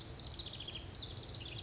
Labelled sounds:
House Wren
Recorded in Sonoma County, California

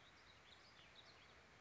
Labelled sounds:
Warbling Vireo
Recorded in Sonoma County, California

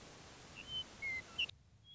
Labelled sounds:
Western Meadowlark
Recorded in Sonoma County, California

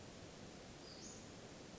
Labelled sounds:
Western Flycatcher
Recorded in Sonoma County, California

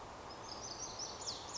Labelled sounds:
Lazuli Bunting
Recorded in Sonoma County, California

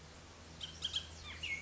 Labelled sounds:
Bullock's Oriole
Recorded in Sonoma County, California

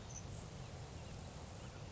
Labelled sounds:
Grasshopper Sparrow
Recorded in Sonoma County, California

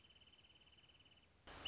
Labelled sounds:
Wrentit
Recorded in Sonoma County, California

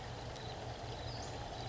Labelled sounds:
Western Flycatcher
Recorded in Sonoma County, California

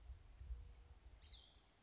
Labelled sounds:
Cassin's Vireo
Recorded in Sonoma County, California

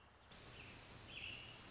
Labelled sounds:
American Robin
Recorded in Sonoma County, California

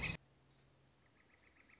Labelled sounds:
Northern Flicker
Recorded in Sonoma County, California

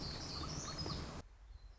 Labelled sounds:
Black-throated Gray Warbler
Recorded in Sonoma County, California

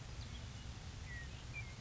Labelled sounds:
Western Meadowlark
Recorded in Sonoma County, California

